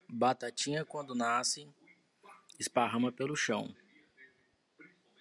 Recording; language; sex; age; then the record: short text; Brazilian Portuguese; male; 30 to 39 years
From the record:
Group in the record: control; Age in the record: 30 years